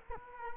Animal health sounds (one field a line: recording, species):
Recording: mosquito wingbeat signal from an infrared sensor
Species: Culex quinquefasciatus